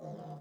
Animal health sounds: pig call; piglet (1 to 25 days)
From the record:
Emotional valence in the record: negative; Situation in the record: long isolation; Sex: male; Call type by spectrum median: low-frequency call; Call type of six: low-frequency stable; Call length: 0.41 s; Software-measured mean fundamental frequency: 63 Hz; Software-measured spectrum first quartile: 173 Hz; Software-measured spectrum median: 379 Hz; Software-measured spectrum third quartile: 637 Hz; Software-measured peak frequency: 164 Hz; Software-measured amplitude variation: 103 dB a second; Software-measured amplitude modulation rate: 21.0 a second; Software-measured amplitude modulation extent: 4.9 dB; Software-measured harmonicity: 3.1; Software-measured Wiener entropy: 0.01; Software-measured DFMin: 1076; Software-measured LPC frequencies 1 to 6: 652, 3183, 3838, 4909, 5803, 6345 Hz

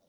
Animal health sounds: pig call; piglet (1 to 25 days)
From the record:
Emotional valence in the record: positive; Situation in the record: short reunion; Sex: female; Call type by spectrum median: low-frequency call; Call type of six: low-frequency tonal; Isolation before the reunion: 3 minutes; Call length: 0.09 s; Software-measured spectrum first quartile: 497 Hz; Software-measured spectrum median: 1558 Hz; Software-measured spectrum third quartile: 10162 Hz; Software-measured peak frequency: 580 Hz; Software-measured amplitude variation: 62 dB a second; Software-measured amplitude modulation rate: 5.7 a second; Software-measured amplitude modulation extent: 11.0 dB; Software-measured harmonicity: 6.8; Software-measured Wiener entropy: -2.85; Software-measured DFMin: 1035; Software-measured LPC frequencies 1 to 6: 596, 3763, 4727, 5613, 8290, 9353 Hz

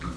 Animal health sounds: pig call; growing-finishing pig (85 days or more)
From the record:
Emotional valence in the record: positive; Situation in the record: enriched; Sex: male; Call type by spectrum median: low-frequency call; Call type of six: low-frequency stable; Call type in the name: low-frequency stable, not sure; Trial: 3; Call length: 0.17 s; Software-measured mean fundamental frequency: 61 Hz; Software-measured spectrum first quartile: 151 Hz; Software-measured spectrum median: 446 Hz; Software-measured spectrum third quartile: 1613 Hz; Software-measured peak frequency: 154 Hz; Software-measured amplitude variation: 126 dB a second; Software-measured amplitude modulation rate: 12.1 a second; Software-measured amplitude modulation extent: 10.5 dB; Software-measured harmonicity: 1.4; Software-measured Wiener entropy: -1.51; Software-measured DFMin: 1132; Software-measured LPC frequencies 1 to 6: 1262, 1998, 3529, 4053, 5438, 6383 Hz

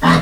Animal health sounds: pig call; piglet (1 to 25 days)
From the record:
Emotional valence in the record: positive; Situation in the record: reunion after long isolation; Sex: female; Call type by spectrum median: low-frequency call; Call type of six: low-frequency tonal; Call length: 0.22 s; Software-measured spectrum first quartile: 219 Hz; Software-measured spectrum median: 686 Hz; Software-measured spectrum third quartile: 1463 Hz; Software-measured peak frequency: 162 Hz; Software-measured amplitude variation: 83 dB a second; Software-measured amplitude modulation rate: 11.2 a second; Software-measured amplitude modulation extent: 7.4 dB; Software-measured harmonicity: 0.2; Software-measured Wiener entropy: -1.32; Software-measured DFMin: 775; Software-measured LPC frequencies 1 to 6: 1095, 1879, 2948, 3797, 4311, 5384 Hz

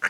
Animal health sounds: pig call; piglet (1 to 25 days)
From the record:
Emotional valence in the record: positive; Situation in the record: after nursing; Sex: male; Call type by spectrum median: low-frequency call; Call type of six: low-frequency tonal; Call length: 0.11 s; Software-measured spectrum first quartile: 1451 Hz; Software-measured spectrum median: 1653 Hz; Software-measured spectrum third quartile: 2061 Hz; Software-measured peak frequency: 1452 Hz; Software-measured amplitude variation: 289 dB a second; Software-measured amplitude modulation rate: 4.7 a second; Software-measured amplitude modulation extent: 61.6 dB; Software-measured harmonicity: 3.9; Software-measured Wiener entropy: -1.10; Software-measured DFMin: 989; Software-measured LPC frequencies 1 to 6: 1503, 2799, 4656, 5629, 6352, 7562 Hz

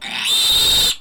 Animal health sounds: pig call; piglet (1 to 25 days)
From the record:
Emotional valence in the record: negative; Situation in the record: castration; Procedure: castration, shear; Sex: male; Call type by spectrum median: high-frequency call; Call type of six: mixed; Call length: 1.00 s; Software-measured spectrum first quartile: 3550 Hz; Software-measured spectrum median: 4193 Hz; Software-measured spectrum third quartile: 8099 Hz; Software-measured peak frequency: 3743 Hz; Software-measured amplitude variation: 82 dB a second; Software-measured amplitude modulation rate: 24.4 a second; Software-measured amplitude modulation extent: 3.4 dB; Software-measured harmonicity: 5.5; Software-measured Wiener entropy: -2.59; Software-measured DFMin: 623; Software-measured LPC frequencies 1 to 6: 943, 1919, 2787, 3657, 5585, 7525 Hz

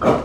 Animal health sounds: pig call; growing-finishing pig (85 days or more)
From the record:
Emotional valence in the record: positive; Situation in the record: run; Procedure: transit

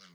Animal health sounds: pig call; piglet (1 to 25 days)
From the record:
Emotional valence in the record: positive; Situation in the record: reunion after long isolation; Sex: female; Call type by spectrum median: high-frequency call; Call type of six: low-frequency tonal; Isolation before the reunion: 8 minutes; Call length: 0.15 s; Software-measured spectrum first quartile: 829 Hz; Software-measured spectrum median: 2496 Hz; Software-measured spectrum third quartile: 4483 Hz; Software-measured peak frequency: 178 Hz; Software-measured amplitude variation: 44 dB a second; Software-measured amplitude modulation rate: 9.7 a second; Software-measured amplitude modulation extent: 4.6 dB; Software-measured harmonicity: 1.3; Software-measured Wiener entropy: -1.47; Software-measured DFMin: 906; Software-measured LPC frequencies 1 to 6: 1353, 2065, 3061, 3951, 4836, 5595 Hz

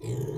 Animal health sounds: pig call; weaner (32 to 43 days)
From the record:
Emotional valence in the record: negative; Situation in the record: novel object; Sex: female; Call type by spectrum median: low-frequency call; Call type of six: low-frequency stable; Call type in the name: low-frequency stable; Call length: 0.38 s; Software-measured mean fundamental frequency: 61 Hz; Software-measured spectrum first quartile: 129 Hz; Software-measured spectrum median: 264 Hz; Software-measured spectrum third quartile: 540 Hz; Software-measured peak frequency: 136 Hz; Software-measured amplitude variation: 156 dB a second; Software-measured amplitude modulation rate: 18.3 a second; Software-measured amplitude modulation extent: 8.6 dB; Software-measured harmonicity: 3.4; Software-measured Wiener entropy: -0.31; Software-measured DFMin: 630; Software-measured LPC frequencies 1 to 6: 364, 2149, 3228, 3973, 4885, 5712 Hz

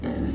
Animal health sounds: pig call; growing-finishing pig (85 days or more)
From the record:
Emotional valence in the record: negative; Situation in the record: barren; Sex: female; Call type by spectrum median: low-frequency call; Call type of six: low-frequency modulated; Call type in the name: low-frequency stable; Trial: 1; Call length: 0.35 s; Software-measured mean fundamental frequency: 40 Hz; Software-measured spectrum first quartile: 149 Hz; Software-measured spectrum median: 263 Hz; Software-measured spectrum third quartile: 472 Hz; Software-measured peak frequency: 266 Hz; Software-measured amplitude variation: 124 dB a second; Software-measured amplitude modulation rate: 28.1 a second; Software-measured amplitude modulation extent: 4.4 dB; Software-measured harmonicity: -1.1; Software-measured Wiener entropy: -0.63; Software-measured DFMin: 909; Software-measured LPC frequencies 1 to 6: 1849, 3003, 3915, 4762, 6556, 7958 Hz

